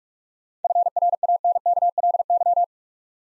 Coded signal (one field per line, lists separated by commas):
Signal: Morse code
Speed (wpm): 44 wpm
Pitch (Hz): 700 Hz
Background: none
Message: FRANKLY